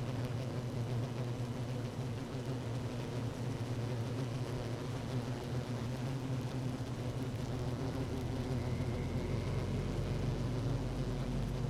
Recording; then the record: honeybee colony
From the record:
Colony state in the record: active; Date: 12 June 2018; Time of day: 16:50